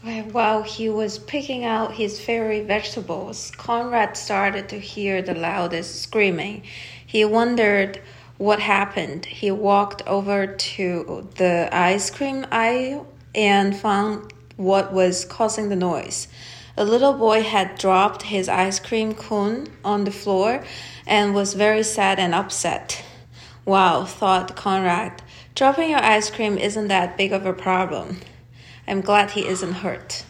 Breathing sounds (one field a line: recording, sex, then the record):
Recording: reading aloud after running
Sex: female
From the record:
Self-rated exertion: light exertion (2 of 6)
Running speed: 5 miles an hour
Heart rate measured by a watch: 85 beats a minute at the start, 125 at the end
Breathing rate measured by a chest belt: 12 breaths a minute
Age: 31 years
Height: 167 cm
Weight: 62 kg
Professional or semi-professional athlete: no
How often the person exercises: 3 to 5 times a week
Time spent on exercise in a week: 4 to 5 hours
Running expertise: no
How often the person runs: 3 to 5 times a week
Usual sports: running, cycling, weight training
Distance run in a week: 15 miles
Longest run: 42 km